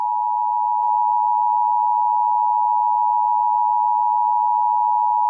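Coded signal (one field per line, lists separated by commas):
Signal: Emergency Alert System (SAME) tones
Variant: 853 and 960 Hz attention tone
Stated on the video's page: Fictional EAS scenario.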